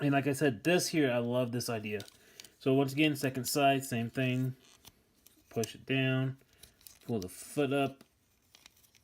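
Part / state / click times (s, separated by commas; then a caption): toy tail part into body slot / seated / 8.7 s. A plastic toy tail part is pushed into a slot in the toy's body after the foot is pulled up, and it locks in place. Someone talks through most of the clip. Near the end, a few small, sharp plastic clicks are heard, with the tail seating at 8.7 seconds.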